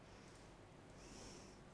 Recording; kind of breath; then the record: one breath in and out by a microphone near the nose and mouth; normal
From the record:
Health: marked as sick, illness not named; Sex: female